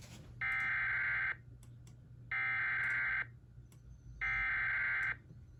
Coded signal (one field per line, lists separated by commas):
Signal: Emergency Alert System (SAME) tones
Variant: header bursts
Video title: EAS 709: SVR from NWS CHS